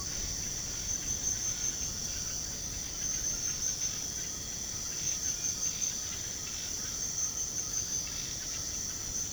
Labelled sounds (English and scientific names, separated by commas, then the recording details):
none
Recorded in pastures near Puerto Asís, Putumayo, Colombia, on 21 March 2025 at 01:00
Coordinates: 0.497, -76.327
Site G072